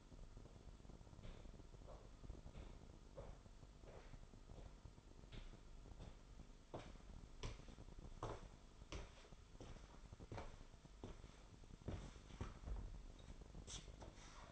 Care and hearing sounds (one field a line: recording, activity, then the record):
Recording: daily activity, microphone in the room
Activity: walk to room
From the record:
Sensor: 5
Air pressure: 988.4 hPa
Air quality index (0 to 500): 197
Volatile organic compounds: 68 ppm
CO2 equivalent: 3500 ppm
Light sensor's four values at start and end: 47/143/56/60 and 50/139/56/63